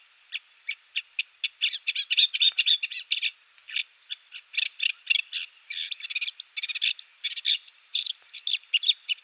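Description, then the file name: Rufous-tailed shrike calling continuously with rapid, harsh clicking and scratchy notes, building into dense buzzy chatter with squeaky whistled slurs. "ZHulan rizhehvostyj"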